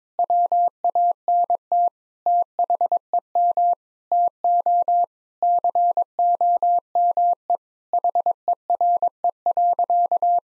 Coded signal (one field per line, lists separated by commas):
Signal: Morse code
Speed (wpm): 22 wpm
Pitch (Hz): 700 Hz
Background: none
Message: WANT THEM TO COME HERE.